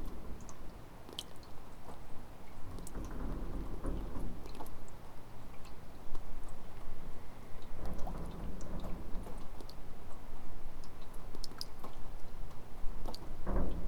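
Water drips from the gutters of a farmhouse outbuilding after a storm, with sharp, irregular drops landing every second or so over a low, steady rumble. A few heavier splashes stand out around four, eight and thirteen seconds.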